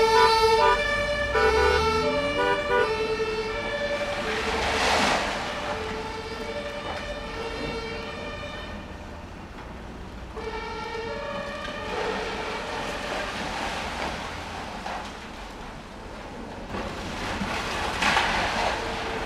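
A passing ambulance siren wails in shifting tones over steady demolition rumble, with heavy crunching bursts around five seconds and again near the end.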